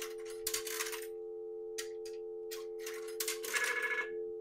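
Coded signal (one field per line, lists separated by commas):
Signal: telephone call progress tone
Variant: North America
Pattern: dial tone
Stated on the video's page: Prepay payphone controller adding a Dial Tone First function, providing coin control for Western Electric and other makers' payphones.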